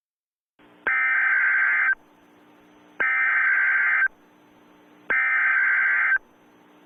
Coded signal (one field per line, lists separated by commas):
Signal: Emergency Alert System (SAME) tones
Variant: header bursts